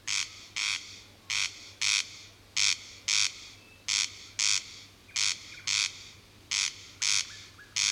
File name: Digiffects Sound Effects Library - Corn Crake